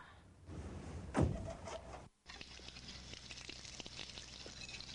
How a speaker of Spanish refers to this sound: La manija de la puerta se mueve.